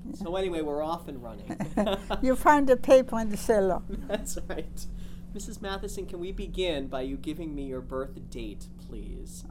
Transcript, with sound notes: So, anyway, we're off and running. (they laugh)
You'll find the tape in the cellar.
(he laughs) That's right. Mrs. Mathisen, can we begin by you giving me your birth date, please?